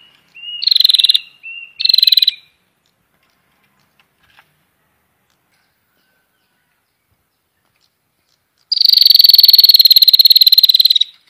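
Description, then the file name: Prinia giving two short buzzy rattles with thin whistled notes, then silence, then a long, fast rattling trill of about two and a half seconds. Prinia call used to lure birds. "suara burung prenjak untuk memikat"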